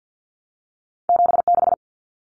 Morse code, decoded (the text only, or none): 76